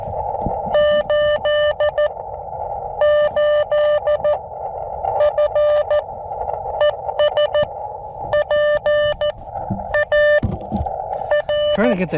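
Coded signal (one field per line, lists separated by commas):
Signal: Morse code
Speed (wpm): 14 wpm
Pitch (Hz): 590 Hz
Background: speech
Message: 88 FES PAR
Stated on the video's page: Morse from an Elecraft KX2 with AX1 antenna, low-power QRP operation.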